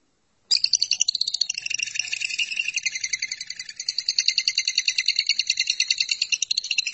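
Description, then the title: Lovebird song: a steady, rapid, rasping chatter of high harsh notes starting after half a second and continuing without a break. "BM Suara Burung Lovebird"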